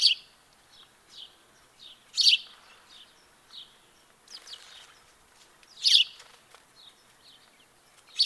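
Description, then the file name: House sparrow giving a few loud, scratchy chirps several seconds apart, with fainter chirps between them. "Passer domesticus"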